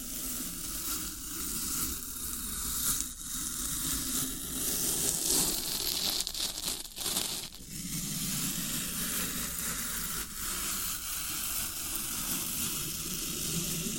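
Floral foam crackles and crunches in a dense, nearly unbroken stream of crisp, gritty texture with a steady hiss on top and a rumbling low layer beneath. Brief dips and gaps break it up around three, seven and ten seconds.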